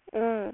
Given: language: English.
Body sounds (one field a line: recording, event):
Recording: throat vibration sensor signal played as sound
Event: speech